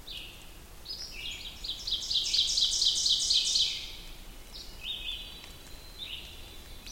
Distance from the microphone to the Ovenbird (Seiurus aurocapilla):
about 15 m